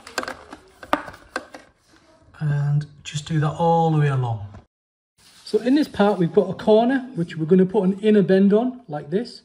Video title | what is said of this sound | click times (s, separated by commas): Best method of fitting Satellite or Cable TV extension around a Room | and you'll get a little click as you go along | 0.9 s, 1.4 s